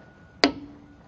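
A 1/2 in. drive click-type torque wrench, held with both hands, tightens the next wheel lug nut in a crisscross pattern. A single sharp click at 0.4 s shows it reached the set torque, and a faint ring hangs on briefly afterward. The rest of the clip is quiet, with no speech.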